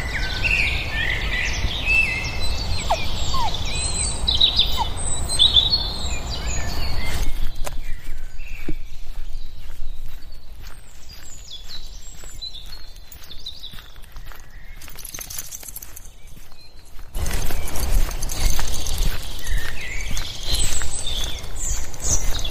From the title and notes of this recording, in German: Morgens mit dem Hund raus. Ein Spaziergang im Wald mit Hund, begleitet von vielen Vögeln.